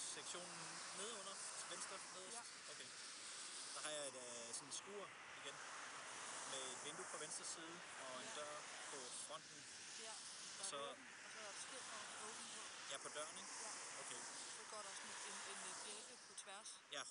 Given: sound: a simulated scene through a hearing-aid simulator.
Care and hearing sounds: conversation; traffic; 0 dB SNR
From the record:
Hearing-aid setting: III (slow-acting compression, loudness normalization, advanced features for about 2.5 dB of SNR improvement); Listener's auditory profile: C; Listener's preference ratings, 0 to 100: 41, 35, 40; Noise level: 75 dB SPL

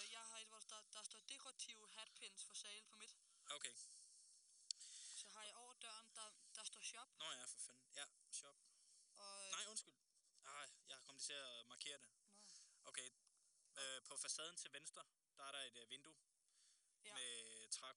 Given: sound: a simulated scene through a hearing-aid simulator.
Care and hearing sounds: conversation; quiet; 75 dB SPL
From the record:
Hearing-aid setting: III (slow-acting compression, loudness normalization, advanced features for about 2.5 dB of SNR improvement); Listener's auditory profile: B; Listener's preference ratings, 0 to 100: 44, 43, 71

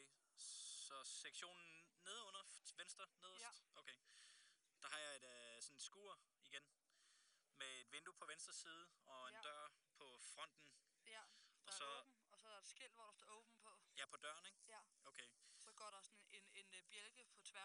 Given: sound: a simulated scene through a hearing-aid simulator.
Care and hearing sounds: conversation; quiet; 65 dB SPL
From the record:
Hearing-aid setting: III (slow-acting compression, loudness normalization, advanced features for about 2.5 dB of SNR improvement); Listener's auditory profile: D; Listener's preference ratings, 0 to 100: 50, 67, 63

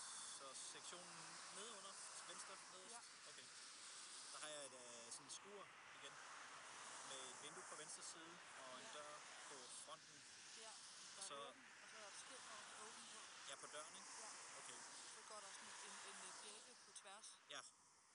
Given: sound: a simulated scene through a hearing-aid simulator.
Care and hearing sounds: conversation; traffic; 0 dB SNR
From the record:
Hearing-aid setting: III (slow-acting compression, loudness normalization, advanced features for about 2.5 dB of SNR improvement); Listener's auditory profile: A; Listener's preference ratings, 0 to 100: 39, 50, 23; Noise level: 75 dB SPL

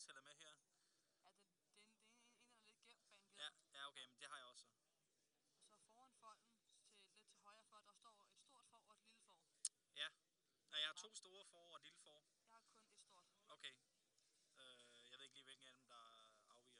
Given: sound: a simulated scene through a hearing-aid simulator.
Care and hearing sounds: conversation; quiet; 55 dB SPL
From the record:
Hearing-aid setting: standard clinical setting (NAL); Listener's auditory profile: D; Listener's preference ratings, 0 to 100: 84, 73, 100

